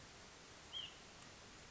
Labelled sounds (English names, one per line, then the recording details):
White-breasted Nuthatch
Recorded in Sonoma County, California